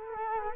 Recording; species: mosquito wingbeat signal from an infrared sensor; Culex quinquefasciatus